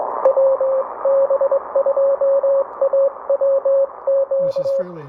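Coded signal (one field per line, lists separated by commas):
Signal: Morse code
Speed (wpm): 21 wpm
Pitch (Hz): 540 Hz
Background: speech, radio noise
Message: WB2AWQ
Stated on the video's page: NorCal Wilderness Sierra transceiver, CW on 40 m checking into the reverse beacon network; Sierra Activity Period on 30 m, 10.116 MHz.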